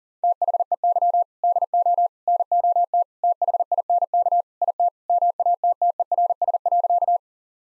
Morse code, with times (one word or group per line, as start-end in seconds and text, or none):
0.2-1.2 THEY
1.4-2.1 DO
2.3-3.0 NOT
3.2-4.4 THINK
4.6-4.9 IT
5.1-7.2 MATTERS.